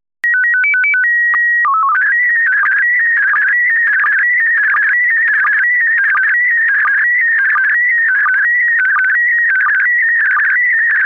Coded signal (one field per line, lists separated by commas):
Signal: SSTV (slow-scan television)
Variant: PD 90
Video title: Slow Scan Radio Ep 10, September 26, 2018